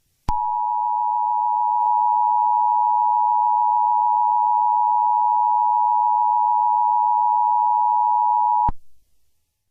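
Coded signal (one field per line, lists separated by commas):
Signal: Emergency Alert System (SAME) tones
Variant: 853 and 960 Hz attention tone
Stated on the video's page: Fictional EAS scenario, a simulated alert rather than a real broadcast.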